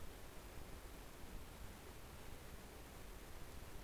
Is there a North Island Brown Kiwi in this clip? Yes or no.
no